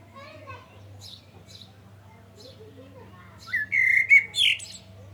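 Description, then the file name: Common blackbird giving a single short song phrase: a squeaky, high-pitched twitter after a few seconds of near silence with faint chirps. "Turdus merula"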